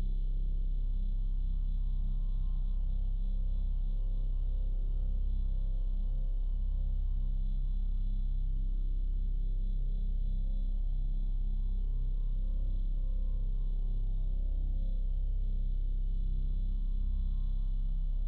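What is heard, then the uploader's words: A steady low meditation tone hums throughout, dense and unchanging in loudness, with a strong deep drone and stacked low overtones. Faint wavering, rippling patterns drift through the middle range, while nothing sounds above the upper midrange, leaving it muffled and dark. Meditation Tone.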